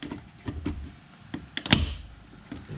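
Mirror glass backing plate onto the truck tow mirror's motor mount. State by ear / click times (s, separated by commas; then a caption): seated / 1.6 s, 1.7 s. A replacement tow mirror glass on its plastic backing plate is guided back into a Silverado truck's tow mirror housing and pressed at the center. After some light handling noise, its clips pop onto the plastic motor mount with sharp pops at about 1.6 and 1.7 seconds, and the glass is seated.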